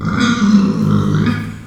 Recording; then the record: squeal of a Yucatan mini pig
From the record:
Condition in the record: after surgery on the right vocal fold (resection and tissue-engineered implant); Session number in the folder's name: 13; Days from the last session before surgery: 113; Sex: female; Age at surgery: 19 weeks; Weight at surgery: 25 kg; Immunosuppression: prednisolone